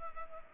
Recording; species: mosquito wingbeat signal from an infrared sensor; Culex pipiens